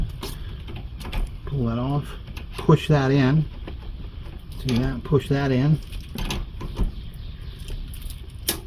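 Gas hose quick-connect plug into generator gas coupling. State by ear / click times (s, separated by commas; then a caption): seated / 8.5 s. A gas hose quick-connect plug is pushed into its metal gas coupling on a Champion generator while someone talks, with light handling clicks and rattles along the way. At 8.5 s a sharp snap rings out as the sleeve closes, and the plug is seated.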